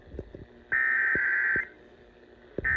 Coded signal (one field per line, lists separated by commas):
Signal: Emergency Alert System (SAME) tones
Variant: header bursts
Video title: A Surprise KFI Weekly (EAS #17623) 4/25/24